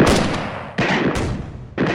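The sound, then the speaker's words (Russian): A lieutenant and a non-commissioned officer fire from the top of a palisade fence: four loud, sharp gunshots crack out at uneven intervals, each a broad, booming burst that rings and fades before the next. There is no talking. “Поручик и унтер одним махом взлетели на самый верх тына и почти одновременно начали стрелять.”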